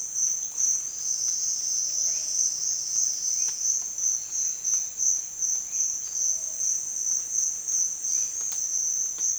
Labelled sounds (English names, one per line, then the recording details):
none
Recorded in dense forest near Puerto Asís, Putumayo, Colombia, on 27 June 2025 at 11:00
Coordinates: 0.468, -76.322
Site GP03